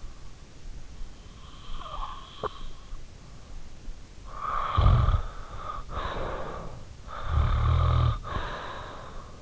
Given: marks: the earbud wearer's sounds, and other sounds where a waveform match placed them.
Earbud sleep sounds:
sounds in sleep by an in-ear microphone; breath, snoring breath
0.96-2.91 s: breath
4.16-9.42 s: snoring breath

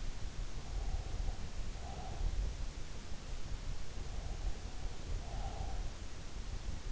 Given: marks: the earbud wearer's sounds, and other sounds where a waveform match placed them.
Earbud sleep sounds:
sounds in sleep by an in-ear microphone; breath
0.30-2.46 s: breath
3.92-6.05 s: breath

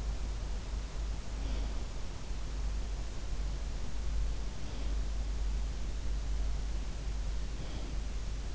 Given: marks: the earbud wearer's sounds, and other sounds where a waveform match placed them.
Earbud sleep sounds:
sounds in sleep by an in-ear microphone; breath
1.42-2.06 s: breath
4.45-5.17 s: breath
7.35-8.14 s: breath

